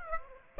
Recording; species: mosquito wingbeat signal from an infrared sensor; Aedes aegypti